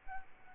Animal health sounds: mosquito wingbeat signal from an infrared sensor; Aedes albopictus

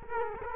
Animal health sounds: mosquito wingbeat signal from an infrared sensor; Culex quinquefasciatus

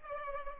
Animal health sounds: mosquito wingbeat signal from an infrared sensor; Culex pipiens

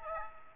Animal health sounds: mosquito wingbeat signal from an infrared sensor; Aedes aegypti

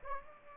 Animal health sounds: mosquito wingbeat signal from an infrared sensor; Aedes aegypti

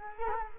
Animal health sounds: mosquito wingbeat signal from an infrared sensor; Culex quinquefasciatus

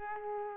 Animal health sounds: mosquito wingbeat signal from an infrared sensor; Aedes aegypti

